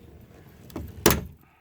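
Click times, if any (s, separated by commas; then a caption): 1.1 s. After the spare tire is raised back up under a GM truck (Silverado, Sierra, Tahoe, Suburban, Yukon, Denali or Escalade), the metal spare tire carrier lock on the spare tire hoist is locked, since the click helps the whole assembly and keeps the carrier from tending to jam when it is later lowered. A few faint knocks around 0.7–0.9 s lead into one loud, sharp click at 1.1 s that fades by about 1.4 s. The lock clicks into place.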